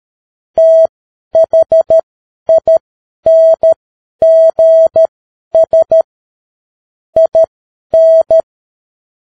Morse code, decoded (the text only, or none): THINGS IN